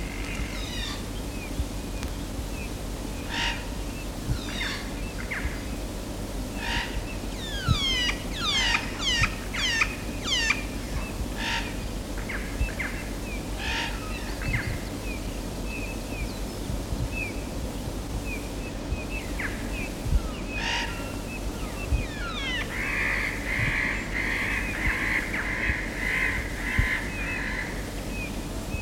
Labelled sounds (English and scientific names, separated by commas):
Spotted Nutcracker (Nucifraga caryocatactes)